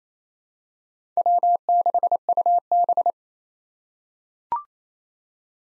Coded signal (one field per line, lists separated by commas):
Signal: Morse code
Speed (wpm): 28 wpm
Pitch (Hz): 700 Hz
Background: none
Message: W6UB